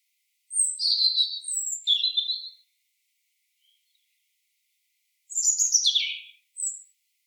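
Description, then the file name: European robin delivering two high, thin, tumbling phrases of whistles and rapid twitters, with a long silent pause between them. "Erithacus rubecula"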